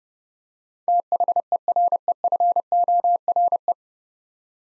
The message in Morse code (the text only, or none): THEREFORE